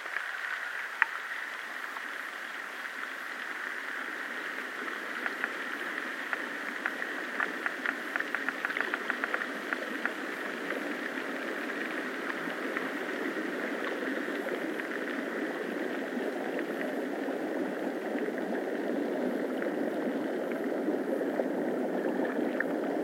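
Water of the River Allen, a chalk river in the UK, babbles in a steady, dense rush with a bright ringing band and fizzing texture. Small clicks and bubbling pops flicker through it, thickening around the middle, while the flow stays even throughout.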